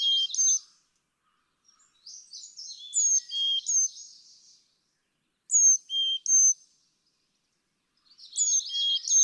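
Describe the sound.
Carolina chickadee singing sweet high-low whistled phrases about every three seconds, separated by quiet gaps and rapid buzzy twittering.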